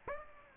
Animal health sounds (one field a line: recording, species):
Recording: mosquito wingbeat signal from an infrared sensor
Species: Aedes aegypti